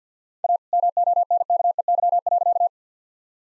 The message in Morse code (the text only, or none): A MONKEY.